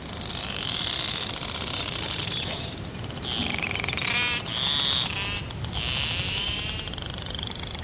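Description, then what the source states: Narwhal clicks packed so tightly they merge into buzzing creaks, several bursts over a steady underwater hiss. Recorded with fixed hydrophones in the Davis Strait between northern Canada and southwest Greenland; clicks so close together they form a creak, used for feeding and navigation.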